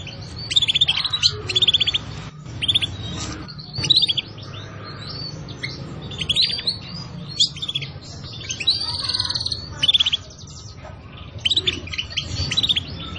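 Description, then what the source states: Canary song in a continuous stream of sharp chirps, fast trills and buzzy rolls, phrases repeated every second or two above a low background hum. Canary song used as a lure (pikat) to attract birds.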